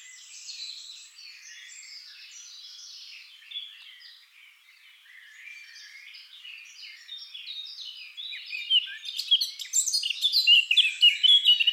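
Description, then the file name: Eurasian blackcap song: a long, soft, chattering warble that swells after about eight seconds into loud, sharp, quickly repeated notes. "Sylvia atricapilla"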